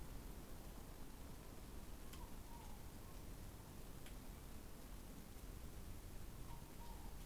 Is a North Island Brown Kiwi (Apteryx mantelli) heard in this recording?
no